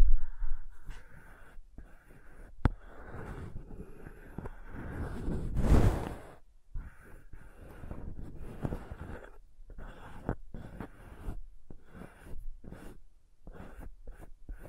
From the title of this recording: Crayons Tapping, Carving, Cutting, Drawing Sounds